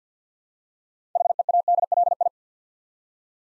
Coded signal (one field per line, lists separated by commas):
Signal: Morse code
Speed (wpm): 49 wpm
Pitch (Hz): 700 Hz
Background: none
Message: HEADLI